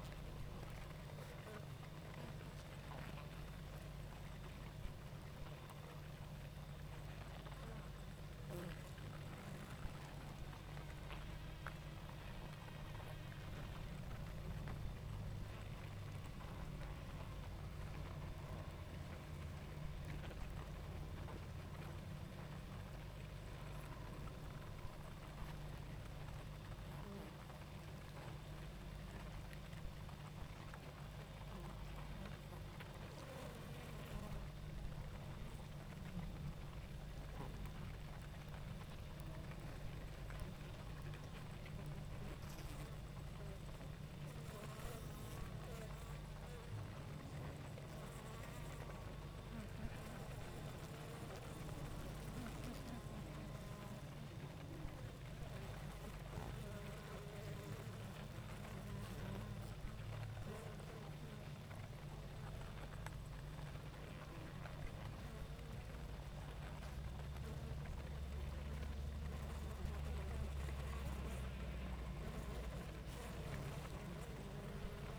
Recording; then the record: honeybee colony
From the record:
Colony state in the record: active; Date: 28 July 2017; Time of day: 19:44